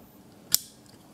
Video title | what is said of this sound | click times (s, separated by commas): MinisForum Zerlegen, Geräuschreduktion, Wärmeleitpaste #PCTech | also press the module down until it clicks into place and then | 0.5 s